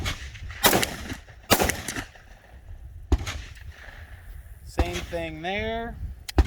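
A Rock Island Armory Tac Ultra 10mm HC Threaded pistol is being handled, its slide stopped short of going into battery on the frame. Several sharp, loud bursts ring out around 0.6, 1.5, 3.1 and 4.8 seconds, with quick taps near 6.3 and 6.4 seconds, while someone talks. The slide has not yet seated or clicked into battery.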